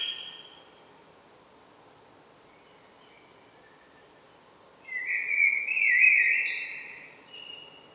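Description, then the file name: Common blackbird singing: a brief high twittering ending at the start, a long silence, then a mellow fluted phrase that slides upward into shrill squeaky notes. "Turdus merula"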